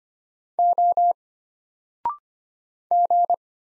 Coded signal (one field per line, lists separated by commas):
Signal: Morse code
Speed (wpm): 25 wpm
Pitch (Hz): 700 Hz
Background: none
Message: O G